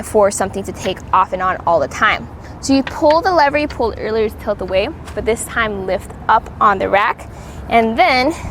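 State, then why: Not seated. Someone talks throughout as the tilt lever on a RockyMounts GuideRail 2-bike hitch rack on a 2022 Toyota Tundra is pulled and the rack is lifted toward its upright, portable position. Its metal pivot latch has not yet snapped into place, so nothing has seated or clicked by the end of the clip.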